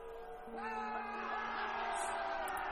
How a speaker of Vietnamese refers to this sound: Lời của cụ Tránh nói xong thì đám dân lành như được tiếp thêm sức mạnh. Tiếng reo hò rền vang như là sấm động.